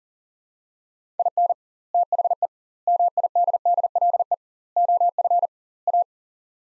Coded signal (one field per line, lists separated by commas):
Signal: Morse code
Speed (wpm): 38 wpm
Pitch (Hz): 700 Hz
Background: none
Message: IN THE MIDDLE OF A